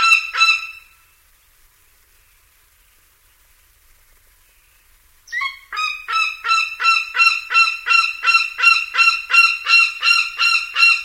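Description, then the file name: Northern goshawk giving a harsh, nasal, repeated kek call, about three notes a second; a short burst opens, a few seconds of quiet follow, then a long steady series runs to the end. "Northern Goshawk Kevin JColver"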